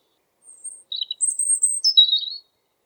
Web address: geluiden roodborst zang